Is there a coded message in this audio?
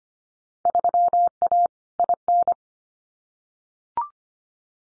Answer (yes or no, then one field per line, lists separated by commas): yes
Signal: Morse code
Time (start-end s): 0.7-2.5 s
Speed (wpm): 25 wpm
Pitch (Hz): 700 Hz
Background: none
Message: 3A IN